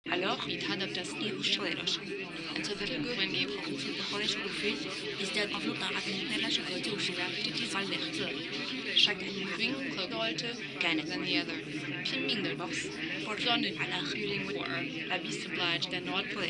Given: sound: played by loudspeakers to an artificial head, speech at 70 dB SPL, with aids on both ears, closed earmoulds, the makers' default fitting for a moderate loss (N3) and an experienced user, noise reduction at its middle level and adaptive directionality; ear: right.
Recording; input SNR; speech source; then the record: speech test signal (ISTS) in cocktail-party noise; -3 dB; in front (0 degrees)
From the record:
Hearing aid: class 2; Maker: D